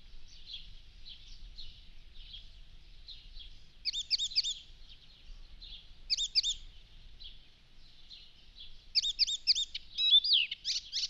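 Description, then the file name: Icterine warbler song, a fast chattering run of high scratchy notes broken by brief louder bursts of repeated rising-and-falling whistled figures. "Spotvogel"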